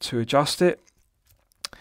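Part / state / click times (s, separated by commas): sliding extension link into stainless steel watch clasp body / seated / 1.7 s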